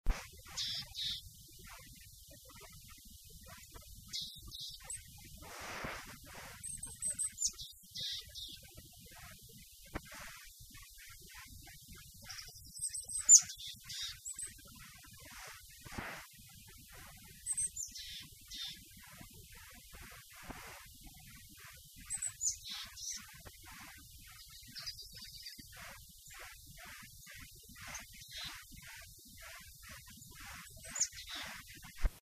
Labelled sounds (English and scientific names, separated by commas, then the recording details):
Willow Tit (Poecile montanus) call
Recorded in the wild
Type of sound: call
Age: adult
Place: Erlangen, Bayern, DE
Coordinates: 49.6086, 10.9697
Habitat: forest
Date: 1962
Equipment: Vollspur
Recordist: Tretzel, Erwin
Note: Mönau (kleine Bruchsenke), Frühjahr 1962: Weidenmeise: "däh-däh" (variabel)